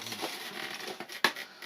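While an FMS 1300mm PA18 RC model plane is being assembled, a plastic clip is pushed into the tail over low scratching and rustling handling noise. A single sharp, bright click at 1.2 s marks the clip snapping home and seating in place.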